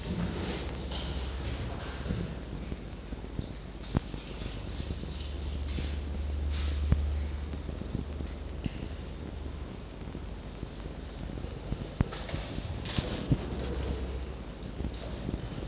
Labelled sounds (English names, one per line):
Red Fox